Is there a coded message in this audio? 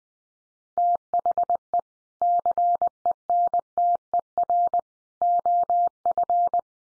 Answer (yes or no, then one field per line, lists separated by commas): yes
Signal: Morse code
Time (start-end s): 0.8-6.6 s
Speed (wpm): 20 wpm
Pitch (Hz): 700 Hz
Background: none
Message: THE CENTER OF